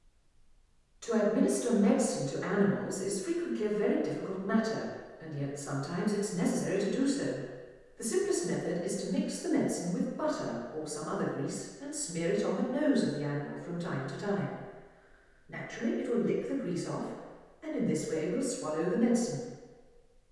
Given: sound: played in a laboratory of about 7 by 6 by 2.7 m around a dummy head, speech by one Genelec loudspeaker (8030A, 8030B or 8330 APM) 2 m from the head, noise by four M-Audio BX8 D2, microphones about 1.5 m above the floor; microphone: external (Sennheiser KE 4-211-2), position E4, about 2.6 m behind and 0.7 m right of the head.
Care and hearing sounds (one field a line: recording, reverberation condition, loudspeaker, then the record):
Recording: female speech in English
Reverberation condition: high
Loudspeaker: 30 degrees to the left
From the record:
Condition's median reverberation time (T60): about 1300 ms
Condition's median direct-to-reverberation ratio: about -4.0 dB